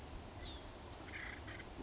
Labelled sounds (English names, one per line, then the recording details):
Acorn Woodpecker
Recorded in Sonoma County, California